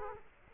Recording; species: mosquito wingbeat signal from an infrared sensor; Culex quinquefasciatus